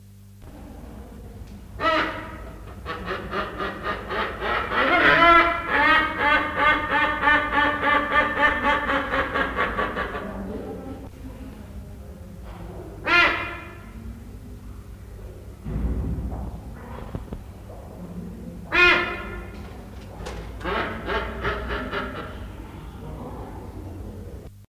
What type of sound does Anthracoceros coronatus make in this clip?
call